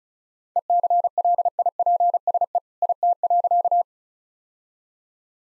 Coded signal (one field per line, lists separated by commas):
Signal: Morse code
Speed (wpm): 34 wpm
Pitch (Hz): 700 Hz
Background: none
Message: ECLIPSE IT.